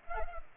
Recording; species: mosquito wingbeat signal from an infrared sensor; Culex pipiens